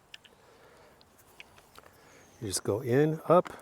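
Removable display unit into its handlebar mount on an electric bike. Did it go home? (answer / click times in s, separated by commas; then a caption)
no / none. A removable display unit is handled and lined up with its handlebar mount on a Mokwheel Tarmac ST electric bike, giving only a few faint small ticks over the first two seconds before someone talks near the end. The display has not seated or clicked into place yet.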